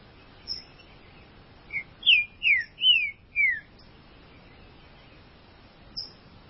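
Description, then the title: Green-winged saltator giving a short phrase of four or five loud slurred whistles, framed by quiet background with a few faint clicks. "Trinca Ferro"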